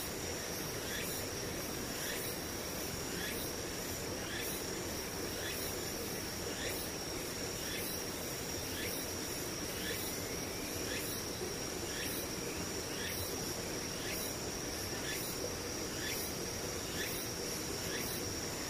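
Insects call through the whole recording: a steady high whine holds underneath, while a rhythmic chirp repeats about every half second. A dense, constant low rumble, like a passing vehicle or aircraft, fills the bottom the entire time.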